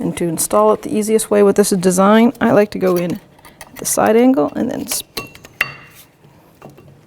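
An inner brake pad is angled in from the side and pushed into the spring clips of the caliper bracket on a 2006-12 Toyota RAV4 front caliper job while someone talks. Small metallic ticks lead into a sharp metallic click at 5.6 s as the pad seats in the clips, followed by a few faint taps.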